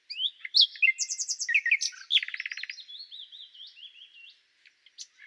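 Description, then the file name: Common nightingale song: varied whistles and a rapid buzzy trill of repeated notes, fading into quieter warbled phrases. "Luscinia megarhynchos"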